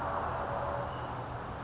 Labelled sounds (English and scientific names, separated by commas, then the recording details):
California Towhee (Melozone crissalis)
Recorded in Sonoma County, California